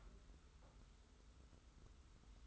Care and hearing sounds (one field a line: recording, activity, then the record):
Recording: daily activity, microphone in the room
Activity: take from stove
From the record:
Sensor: 3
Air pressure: 990.9 hPa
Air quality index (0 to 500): 101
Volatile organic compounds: 34 ppm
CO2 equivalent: 3048 ppm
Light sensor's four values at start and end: 45/124/51/45 and 45/124/51/45